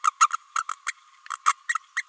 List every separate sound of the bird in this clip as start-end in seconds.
0.03-0.10, 0.20-0.28, 0.58-0.63, 0.86-0.92, 1.45-1.54, 1.69-1.75, 1.96-2.02